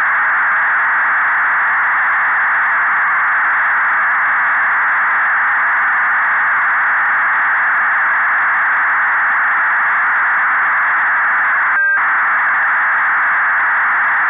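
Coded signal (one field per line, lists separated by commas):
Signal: fast PSK data mode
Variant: 8PSK1000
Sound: steady wide rushing data hiss throughout, broken once by a short chord-like tone burst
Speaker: ik heb dat nu in 8psk duizend achter de twee afbeeldingen geknoopt nou dat is nog aardig gelukt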